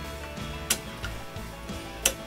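The nock receiver of an arrow fletching jig is rotated into its indexed detent positions, giving sharp clicks at 0.7 s and 2.1 s, with a fainter tick near 1.0 s, over background music. Each click confirms the receiver has seated in one of its spots rather than sitting between them.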